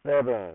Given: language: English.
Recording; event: throat vibration sensor signal played as sound; speech